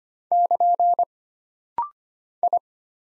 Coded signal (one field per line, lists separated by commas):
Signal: Morse code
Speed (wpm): 25 wpm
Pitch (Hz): 700 Hz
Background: none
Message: <KN> I